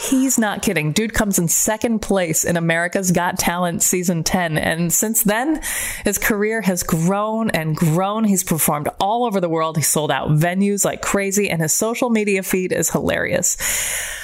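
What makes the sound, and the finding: Adult host speaking. Fluent speech.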